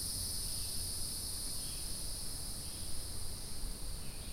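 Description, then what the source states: Hieroglyphic cicadas droning together in a continuous shrill buzz that holds steady throughout, with low rumbling noise underneath. A chorus of cicadas calling together.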